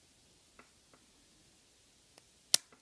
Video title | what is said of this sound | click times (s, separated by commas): N scale Kato BNSF SD40-2 repair | snap right in now | 2.5 s